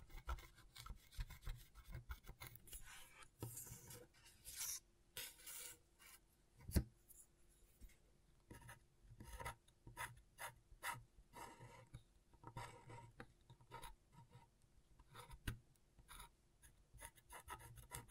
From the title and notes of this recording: ASMR Brain Tingling Scratchboard (No Talking).